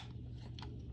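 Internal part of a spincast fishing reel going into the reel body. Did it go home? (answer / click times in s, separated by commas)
no / none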